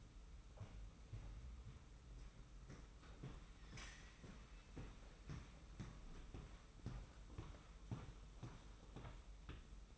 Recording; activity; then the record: daily activity, microphone in the room; walk to room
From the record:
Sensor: 1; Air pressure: 991.1 hPa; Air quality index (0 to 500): 90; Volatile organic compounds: 31 ppm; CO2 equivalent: 2988 ppm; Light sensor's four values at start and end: 35/114/45/46 and 31/96/39/39